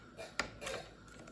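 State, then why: Seated. A memory RAM module is pushed into its slot in a 27-inch Apple iMac all-in-one desktop (2011, possibly a 2010 or 2009 model) until it latches. A single sharp, bright click sounds at 0.4 s, followed by a softer, longer rustle around 0.6 to 0.8 s. The module is seated.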